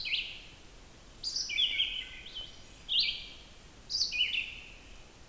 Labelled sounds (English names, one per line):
Red-eyed Vireo song